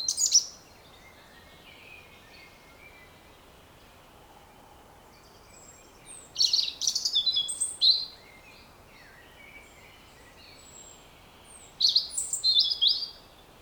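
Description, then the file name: European robin calls, high thin twittering phrases in short bursts at the start, around six to eight seconds, and around twelve to thirteen seconds. "Erithacus rubecula"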